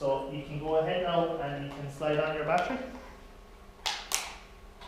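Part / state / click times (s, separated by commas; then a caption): battery pack onto handheld two-way radio / seated / 4.1 s. During a communications course, a battery pack is slid onto a handheld two-way radio while someone talks. One sharp click is heard at 4.1 seconds as the battery seats into place.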